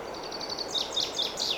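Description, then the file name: Common chaffinch song fragment: a thin run of quick high notes, then louder notes sliding downward, over steady hiss. "Fringilla coelebs"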